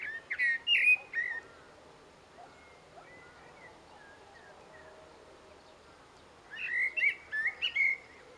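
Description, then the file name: Common blackbird singing two bursts of varied, chattering, twittering phrases, one at the start and another after a quiet pause of several seconds. "Turdus merula"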